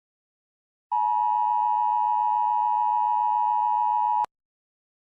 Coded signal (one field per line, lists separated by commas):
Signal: Emergency Alert System (SAME) tones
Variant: 853 and 960 Hz attention tone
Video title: EAS Scenario #36: The Scream Massacre.